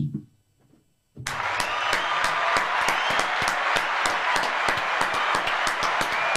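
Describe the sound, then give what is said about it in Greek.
After a brief quiet moment, loud sustained canned applause bursts in, a dense wash of crowd clapping with sharper individual hand claps from the studio hosts standing out in a steady rhythm on top. “Εδώ χειροκροτήσαμε και εμείς, γιατί δεν αρκεί μόνο το χειροκρότημα κονσέρβα.”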